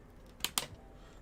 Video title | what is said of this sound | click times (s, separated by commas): Building a $600 Budget Gaming PC RYZEN 3100 + RX 480 | cool we got the click | 0.4 s, 0.6 s